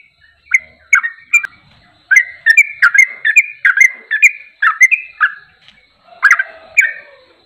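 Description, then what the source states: Yellow-vented bulbul song of quick chuckling whistles, a hesitant start, then a fast run of rolling notes and two final emphatic phrases. Champion (juara) bird singing in tembakan style, used for masteran training.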